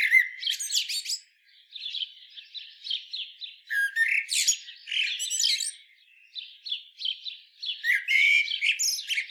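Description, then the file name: Common blackbird vocalizing in several bursts of squeaky, twittering notes mixed with lower warbles. "Turdus merula"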